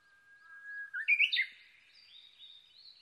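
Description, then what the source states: Japanese bush warbler song: a drawn-out whistle sliding up into a loud, quick triple flourish, trailing off into faint high twittering. Recorded 22 May 2011 at 05:58.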